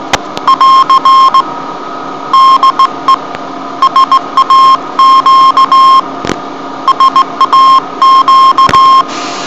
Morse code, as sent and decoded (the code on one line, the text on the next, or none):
.-.-. / -.. . / ... .- --.- / ... .- --.-
<AR> DE SAQ SAQ